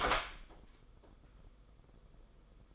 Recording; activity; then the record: daily activity, microphone in the room; open door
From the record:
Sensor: 5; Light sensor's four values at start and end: 26/63/26/28 and 27/65/26/29